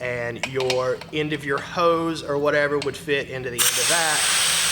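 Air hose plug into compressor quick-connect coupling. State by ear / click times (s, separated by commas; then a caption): not seated / none. An air hose plug is handled at an air compressor's quick-connect coupling, which has a slip collar that is pulled back so the hose end can be pushed in. Someone talks over a steady background hum, and a broad hiss rises sharply at about 3.6 s and continues to the end. Nothing has seated or clicked yet.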